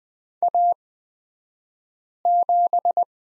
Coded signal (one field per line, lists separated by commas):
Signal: Morse code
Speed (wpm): 20 wpm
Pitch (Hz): 700 Hz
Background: none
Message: A7